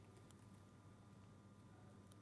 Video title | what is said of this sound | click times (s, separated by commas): JewelleryMaker LIVE 28/03/22 | you ready you ready for the click | 0.3 s